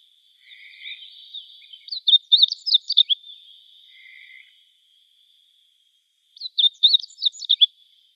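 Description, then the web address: Meadow bunting song phrases of quick, high, slightly buzzy chirps in two bursts, with a steady thin high whine and brief lower buzzy notes in the background. "Schulze Peter Meadow Bunting"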